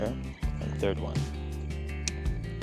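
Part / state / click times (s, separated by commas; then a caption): bumper wiring harness plug into its mating connector / seated / 2.1 s. The third wiring harness plug is pushed into its mating connector behind the front bumper of a 2024 Toyota Grand Highlander. Over background music and someone talking, a sharp, short click sounds at 2.1 s as the plug seats fully in the connector.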